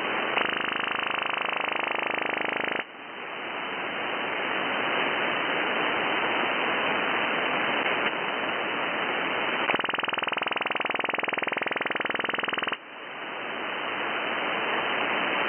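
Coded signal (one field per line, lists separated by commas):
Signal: radar signal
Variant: FMCW chirp sounder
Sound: harsh steady hiss-like buzz filling the band, changing texture at 3, 8, 10, 13 s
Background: radio static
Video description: These are probably propagation sounders or backscatter radar systems. The mode for all of these is FMCW (Frequency Modulated Continuous Wave ), in which a full-duty carrier is swept across a well-defined frequency range.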